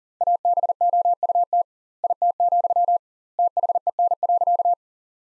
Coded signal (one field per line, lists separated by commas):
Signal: Morse code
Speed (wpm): 40 wpm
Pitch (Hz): 700 Hz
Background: none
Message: ABOUT IT, THEN.